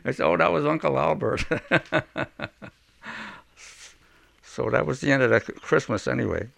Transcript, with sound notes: We said, "Oh, that was Uncle Albert." (he laughs) So that was the end of that Christmas anyway.